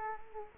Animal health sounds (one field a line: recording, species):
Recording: mosquito wingbeat signal from an infrared sensor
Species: Culex quinquefasciatus